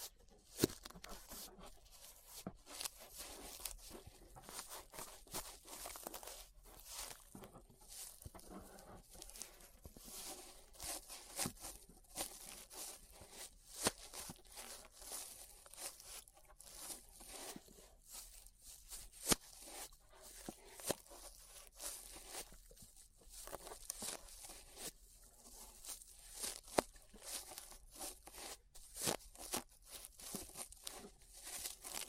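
Ear brushing: dense, continuous bristly scratching and swishing with frequent sharp clicks and taps scattered throughout, uneven in loudness but never pausing.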